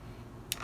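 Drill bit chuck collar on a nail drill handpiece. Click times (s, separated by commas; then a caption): 0.5 s. The collar of an electric nail drill handpiece is twisted clockwise to open the bit chuck for changing the drill bit, and a sharp click sounds at 0.5 s over a faint low background hum, followed by a softer burst of noise. The chuck clicks open and releases, so the small part inside now moves up and down.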